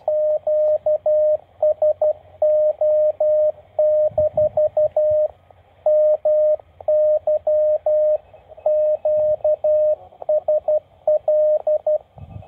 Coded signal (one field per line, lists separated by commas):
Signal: Morse code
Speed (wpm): 12 wpm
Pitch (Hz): 610 Hz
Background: radio noise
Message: QSO- MY QSL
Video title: New chinese uSDX handheld QRP transceiver unboxing, review, manual guide and first QSO´s on Youtube